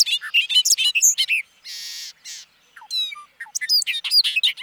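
Bobolink song in fragments: quick tinkling, gurgling notes broken by two short buzzy, rasping bursts, then another bubbly run of high chirps.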